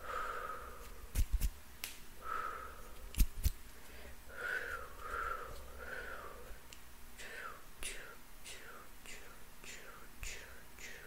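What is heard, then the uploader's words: Mouth sounds with hand movements: soft breathy, sniff-like puffs in the first half, then a quick run of short sharp clicks or snaps, repeating roughly every half second from about seven seconds on. A few loud dry taps land near one and three seconds. ASMR PLUCKING NEGATIVE ENERGY, ASMR HAND MOVEMENTS MOUTH SOUNDS, ASMR CLEANING ENERGY.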